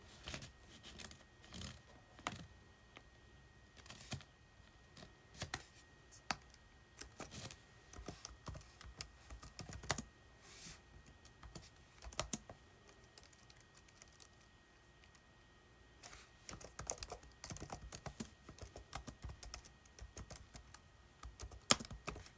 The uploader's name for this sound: Flipping Pages and Typing on Keyboard